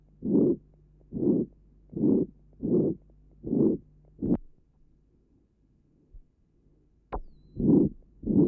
Patient has a ventricular septal defect. Recording taken at left sternal edge. Pansystolic murmur.